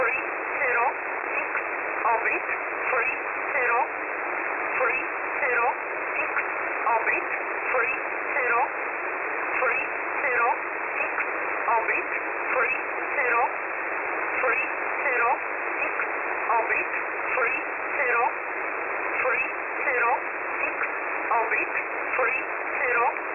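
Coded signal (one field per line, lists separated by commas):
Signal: numbers station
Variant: E11a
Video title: E11a Message 02/05/2023 1000 UTC 12153kHz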